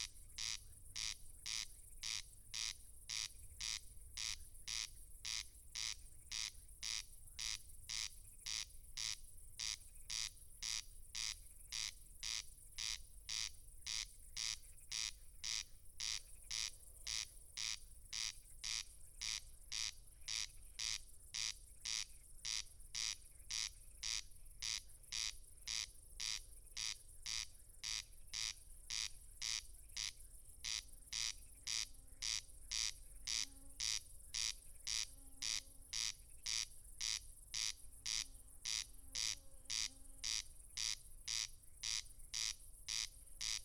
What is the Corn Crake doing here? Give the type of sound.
song